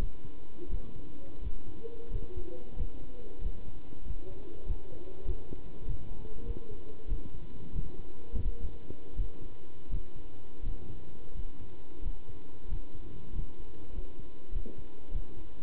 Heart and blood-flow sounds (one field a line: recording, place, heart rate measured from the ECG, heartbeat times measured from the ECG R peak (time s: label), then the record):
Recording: heart sounds by stethoscope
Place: between the tricuspid and mitral areas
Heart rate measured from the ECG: 92 bpm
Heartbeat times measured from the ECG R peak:
0.70 s: heartbeat
1.42 s: heartbeat
2.11 s: heartbeat
2.77 s: heartbeat
3.42 s: heartbeat
4.05 s: heartbeat
4.67 s: heartbeat
5.26 s: heartbeat
5.86 s: heartbeat
6.46 s: heartbeat
7.09 s: heartbeat
7.73 s: heartbeat
8.43 s: heartbeat
9.16 s: heartbeat
9.90 s: heartbeat
10.64 s: heartbeat
11.34 s: heartbeat
12.03 s: heartbeat
12.69 s: heartbeat
13.34 s: heartbeat
13.93 s: heartbeat
14.53 s: heartbeat
15.12 s: heartbeat
From the record:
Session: pedaling a stationary bicycle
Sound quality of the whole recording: good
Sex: male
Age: 27 years